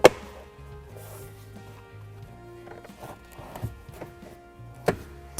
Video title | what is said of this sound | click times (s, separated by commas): 2023+ Ford F-250 SuperDuty - 12" Full Digital Speedometer Instrument Cluster Upgrade Install Guide | piece here and that'll just snap into place | 0.0 s